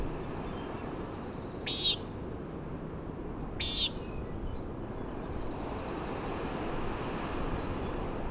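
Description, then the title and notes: Common nighthawk giving two short buzzy peents two seconds apart, then only wind and surf noise. "Common Nighthawk "peenting" and "wing booms" 3:58am on top of Schoodic Head (Schoodic Div., Acadia National Park)"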